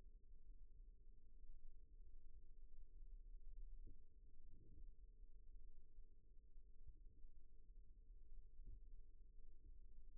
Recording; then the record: forearm muscle sounds (acoustic myography)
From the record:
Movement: rest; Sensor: system 1, eight BSWA MPA416 microphones around the upper forearm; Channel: 8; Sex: female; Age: 20 years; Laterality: right